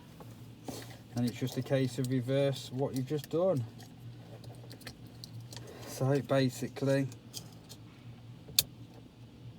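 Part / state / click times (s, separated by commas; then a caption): wiring connector into electric parking brake module / seated / 8.6 s. Someone talks while pushing the electrical wiring connector back onto the pin header of a Citroen C4 electric parking brake module during reassembly, with small handling rattles in between. A sharp, loud click at 8.6 s marks the connector seating in place.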